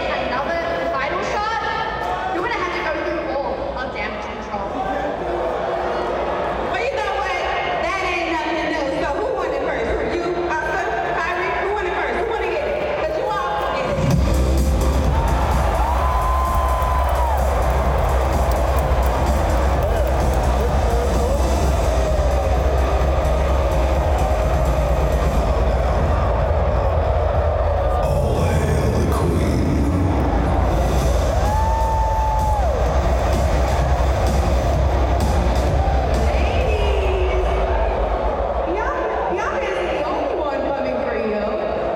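Crowd sounds from a wrestling event fill an indoor arena, a dense, steady roar of voices with speech-like chatter throughout. Around fourteen seconds a heavy low rumble swells in and the noise grows louder, staying intense to the end with a few brief rising whistle-like tones.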